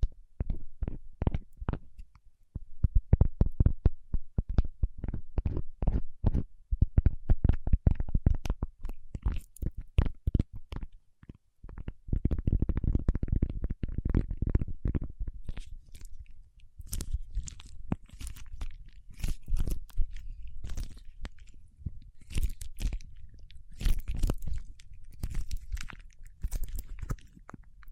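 Paraffin wax is tapped, scratched and peeled in a run of dense, crackling clicks and scrapes. Rapid taps dominate the first ten seconds, followed by a brief pause near eleven seconds, then a heavier scraping stretch and sparser, brighter crackles toward the end.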